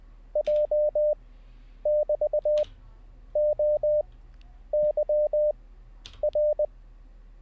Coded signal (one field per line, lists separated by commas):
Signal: Morse code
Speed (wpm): 20 wpm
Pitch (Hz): 600 Hz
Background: none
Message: J<BT>OYR